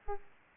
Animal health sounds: mosquito wingbeat signal from an infrared sensor; Aedes aegypti

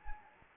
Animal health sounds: mosquito wingbeat signal from an infrared sensor; Anopheles gambiae

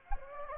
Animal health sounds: mosquito wingbeat signal from an infrared sensor; Anopheles gambiae

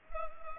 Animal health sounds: mosquito wingbeat signal from an infrared sensor; Culex pipiens

